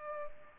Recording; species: mosquito wingbeat signal from an infrared sensor; Culex pipiens